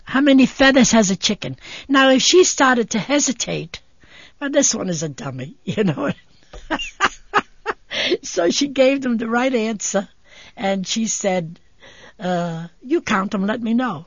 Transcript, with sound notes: How many feathers has a chicken. Now, if she started to hesitate, well, this one is a dummy. You know. (she laughs) So she gave them the right answer. And she said, "You count them, let me know."